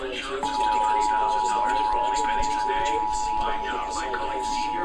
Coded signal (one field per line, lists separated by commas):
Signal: Emergency Alert System (SAME) tones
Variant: 853 and 960 Hz attention tone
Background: speech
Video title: (EAS#396-409) Radio and TV Required Monthly Test